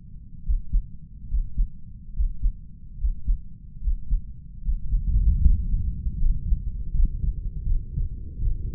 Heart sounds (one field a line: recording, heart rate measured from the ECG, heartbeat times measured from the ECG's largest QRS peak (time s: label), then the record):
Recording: heart sounds by stethoscope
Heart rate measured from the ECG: 75 bpm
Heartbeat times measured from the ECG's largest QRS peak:
0.43 s: heartbeat
1.28 s: heartbeat
2.13 s: heartbeat
2.98 s: heartbeat
3.80 s: heartbeat
4.61 s: heartbeat
5.41 s: heartbeat
6.17 s: heartbeat
6.91 s: heartbeat
7.63 s: heartbeat
8.39 s: heartbeat
From the record:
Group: healthy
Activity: breath hold 0-5 s, rest 5-9 s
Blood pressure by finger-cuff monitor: 117/65 mmHg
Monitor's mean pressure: 79 mmHg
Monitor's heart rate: 71 bpm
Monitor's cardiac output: 6.4 L/min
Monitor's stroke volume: 87 mL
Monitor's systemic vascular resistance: 900 dyn s/cm5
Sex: female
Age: 32 years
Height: 168 cm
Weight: 61.9 kg